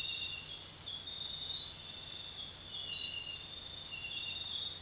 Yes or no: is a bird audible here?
no